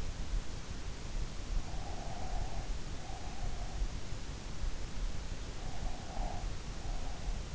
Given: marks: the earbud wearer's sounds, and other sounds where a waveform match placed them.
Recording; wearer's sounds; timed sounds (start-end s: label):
sounds in sleep by an in-ear microphone; breath
1.24-4.08 s: breath
5.38-7.51 s: breath